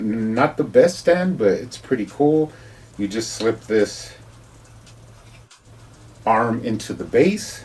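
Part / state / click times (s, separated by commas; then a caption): plastic flight stand arm into stand base / not seated / none. Someone talks while a clear plastic DC Multiverse flight stand arm is lined up and slipped toward the stand base, ready to be pushed home. A faint, brief tap is heard around 5.5 s during a quiet pause, but the arm has not yet seated or clicked into the base.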